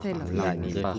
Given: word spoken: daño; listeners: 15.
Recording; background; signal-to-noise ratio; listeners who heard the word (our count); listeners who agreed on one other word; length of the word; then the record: one Spanish word in noise, from a listening test; four-talker babble; -2.4 dB; 0 of 15; 7 of 15; 0.59 s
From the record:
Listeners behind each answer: 7, 2, 1, 1, 1, 1, 1, 1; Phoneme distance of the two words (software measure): 41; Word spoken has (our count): 2 syllables, 4 phonemes, stress on syllable 1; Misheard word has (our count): 2 syllables, 5 phonemes, stress on syllable 2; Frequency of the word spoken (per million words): 38.80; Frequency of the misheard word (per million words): 197.47